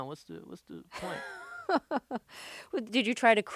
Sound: soundbite of laughter

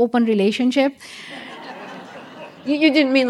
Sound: laughter

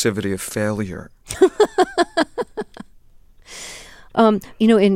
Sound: soundbite of laughter

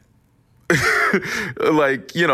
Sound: laughter

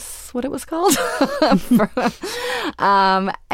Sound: laughter

